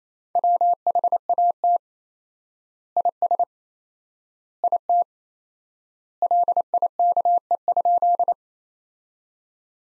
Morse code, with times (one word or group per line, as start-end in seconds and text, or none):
0.4-1.8 WHAT
3.0-3.4 IS
4.6-5.0 IT
6.2-8.3 LIKE?